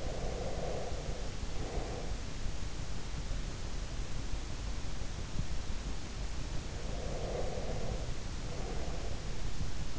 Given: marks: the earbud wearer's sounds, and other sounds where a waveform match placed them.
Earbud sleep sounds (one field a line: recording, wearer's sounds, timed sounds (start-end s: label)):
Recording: sounds in sleep by an in-ear microphone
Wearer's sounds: breath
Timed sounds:
0.00-2.27 s: breath
6.69-9.29 s: breath